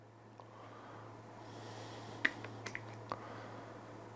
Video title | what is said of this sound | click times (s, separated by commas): De Parkside Accu-multitool 20V van de Lidl unboxing en eerste indruk van de machine | nou heb ik een nieuwe dekken klik je moet hem dicht klikken dan zit hij vast | 2.2 s